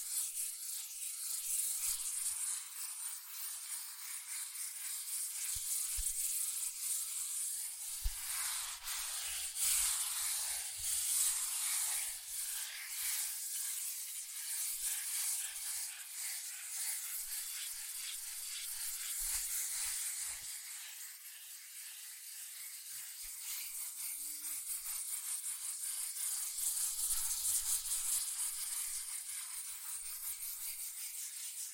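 Fast scratching and tracing on cardboard paper makes a dense, bright, steady hiss, dotted with quick taps and easing slightly after twenty seconds.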